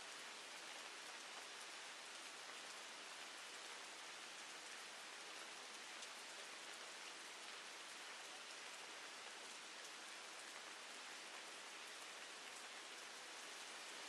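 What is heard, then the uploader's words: Steady rain falls throughout, a dense, even hiss with countless fine drops pattering on a surface. The sound is bright, with little low rumble and no distinct events or pauses across the whole stretch. Peaceful Rain Sound for Sleep and Relaxation - Calming Rain Soundscape.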